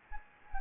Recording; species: mosquito wingbeat signal from an infrared sensor; Anopheles gambiae